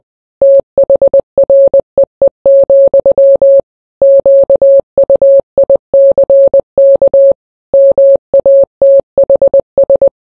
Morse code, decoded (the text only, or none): THREE, QUICK MATHS